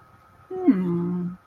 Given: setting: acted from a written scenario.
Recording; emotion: vocal sound without words; interest